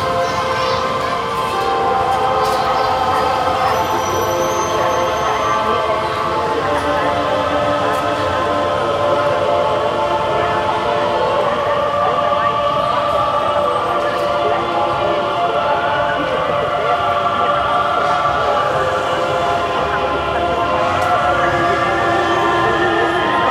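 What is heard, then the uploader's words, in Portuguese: Church bells ring the Ave Maria, their overlapping tones blending into a thick, steady wash that holds an even loudness for the whole stretch. A low rumble sits underneath, and a couple of faint high-pitched squeals pass briefly near the start. Belo Horizonte é uma cidade brasileira onde algumas igrejas conservam a tradição católica de tocar a Ave Maria, às 18:00, diariamente. Gravamos esta prática religiosa em quatro igrejas localizadas na cidade. Realizado por Pedro Silva Marra.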